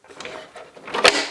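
The front of the plastic body on a Mercedes-Benz Unimog U4000 body mashed up with a Traxxas TRX-4 RC truck is pressed down, with light handling rustles and soft taps early on. A magnet snaps onto the metal chassis frame rail with a sharp, loud click at 1.1 s, and the body is seated.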